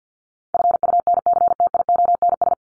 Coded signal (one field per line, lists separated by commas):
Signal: Morse code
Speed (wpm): 48 wpm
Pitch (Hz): 700 Hz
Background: none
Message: FUNCTIONS